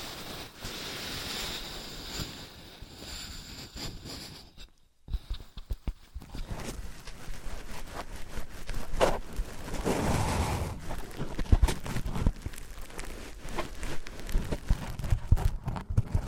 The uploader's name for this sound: Wood vs Cork, Sponge vs Foam, Glass vs Plastic